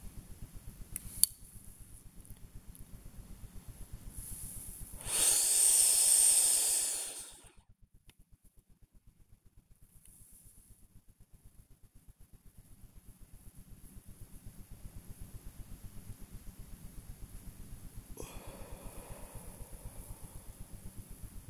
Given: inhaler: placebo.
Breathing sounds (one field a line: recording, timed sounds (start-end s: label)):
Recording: one use of a dry powder inhaler by a smartwatch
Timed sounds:
0.63-1.56 s: inhaler activation
4.92-7.66 s: inhalation
18.12-21.27 s: exhalation